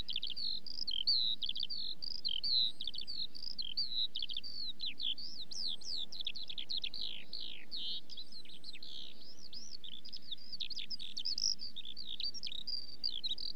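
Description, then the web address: Eurasian skylark delivering an endless rush of high, liquid chirrups and twittering trills, dense and unbroken, with a quiet low hum behind. Song given during song flight. "BBC Sound Effects Library. Skylark"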